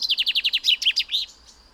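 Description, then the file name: Common chaffinch song fragment: rapid repeated downward-slurred notes followed by a few varied notes that close the phrase. "Fringilla coelebs"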